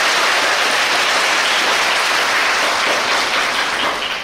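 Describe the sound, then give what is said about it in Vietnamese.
The audience at a Buddhist dharma talk claps steadily in a dense, continuous wash of applause that holds loud and even for several seconds before easing slightly at the end, with no voices over it. “Xin cho một tràng pháo tay.”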